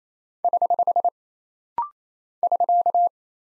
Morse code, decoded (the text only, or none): <HH> <SK>